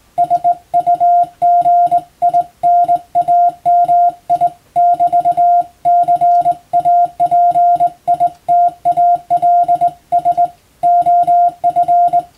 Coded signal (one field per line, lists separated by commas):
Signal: Morse code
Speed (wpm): 20 wpm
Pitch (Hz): 700 Hz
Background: music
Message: SUGINAMI<BT>CAPITALS OF